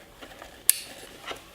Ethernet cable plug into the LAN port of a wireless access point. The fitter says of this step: it's clicked in excellent now on this side what it's going to show here is it says the